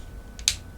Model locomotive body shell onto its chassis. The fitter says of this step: it does have a nice satisfying click though but